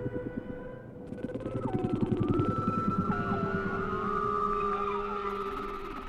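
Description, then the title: Whale song: rapid rhythmic pulsed grunts with whistled tones sliding up and down in looping sweeps. Whale sounds without music. "WHALE SOUNDS, WHITE NOISES"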